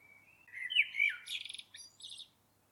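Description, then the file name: Common blackbird phrase: a soft lead-in whistle, a rich fluted warble, then a burst of thin, squeaky high twitters. "Turdus merula"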